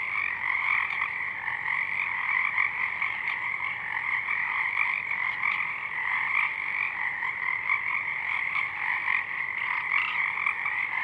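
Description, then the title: Many Pacific chorus frogs croaking together, a thick, ceaseless chorus of rasping calls that stays even in loudness across the whole stretch. Chorus of many frogs at dusk, already out in full bloom; downmixed to stereo from a double mid-side recording; frogs highlighted in a separate parabolic track are heard mainly in the left channel. "Pacific Chorus Frogs (Pseudacris regilla), dusk"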